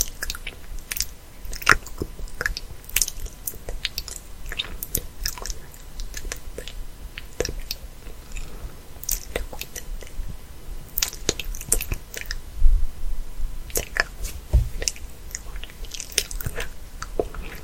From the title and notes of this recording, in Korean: ASMR 뻐끔뻐끔 인어디블 수다 #입소리 #inaudible.